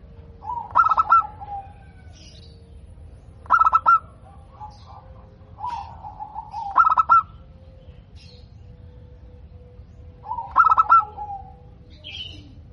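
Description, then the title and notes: Zebra dove song: four clipped bursts of quick staccato coos, each trailing into a softer rolling trill, with a steady low hum underneath. Local-type perkutut, described as singing often (gacor) with a crystal-clear, loud voice. "PERKUTUT LOKAL GACOR Suara KRISTAL LANTANG. Kicau Burung Perkutut"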